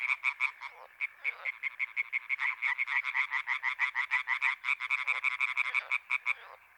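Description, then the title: European tree frog chorus, several frogs croaking fast and overlapping, rasping notes piling up with brief lulls. Many European tree frogs in intense activity at the Marguilliers pond, Sologne, France, 21 May 1993, an hour after nightfall. "Choeur de rainettes en Sologne"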